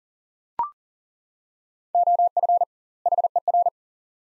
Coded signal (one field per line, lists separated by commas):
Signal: Morse code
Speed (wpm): 40 wpm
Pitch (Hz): 700 Hz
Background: none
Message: OF HER